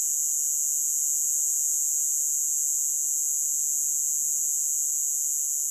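Cicada droning with an unbroken, sizzling high-pitched buzz at a constant level throughout, a faint thin tone below it.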